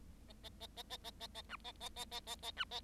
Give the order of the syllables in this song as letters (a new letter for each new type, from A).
A A A A A A A A B A A A A A A B A